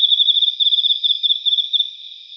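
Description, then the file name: Emma field cricket singing a continuous trill of rapid, evenly spaced pulses that fades slightly at the end. "Teleogryllus emma"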